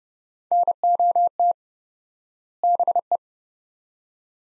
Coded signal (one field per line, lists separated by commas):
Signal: Morse code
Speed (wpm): 30 wpm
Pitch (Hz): 700 Hz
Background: none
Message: NOT BE